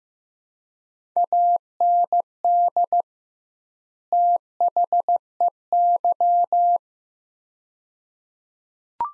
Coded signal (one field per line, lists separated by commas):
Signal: Morse code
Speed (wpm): 15 wpm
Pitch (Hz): 700 Hz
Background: none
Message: AND THEY